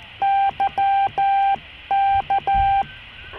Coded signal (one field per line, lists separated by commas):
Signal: Morse code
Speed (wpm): 13 wpm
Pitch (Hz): 790 Hz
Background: none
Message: Y K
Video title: Thoughts On VHF Radio For Regional Communications.